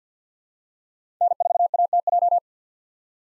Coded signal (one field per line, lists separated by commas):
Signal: Morse code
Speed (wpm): 50 wpm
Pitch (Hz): 700 Hz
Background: none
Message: N4ATJ